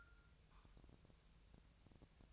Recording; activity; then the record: daily activity, microphone in the room; take from stove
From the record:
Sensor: 2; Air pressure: 999.1 hPa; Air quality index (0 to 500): 196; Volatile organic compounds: 27 ppm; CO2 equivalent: 2896 ppm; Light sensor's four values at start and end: 6/15/6/6 and 6/15/6/6